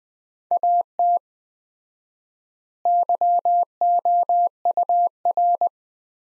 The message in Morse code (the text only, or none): AT YOUR